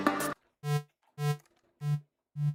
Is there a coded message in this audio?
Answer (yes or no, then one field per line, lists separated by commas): no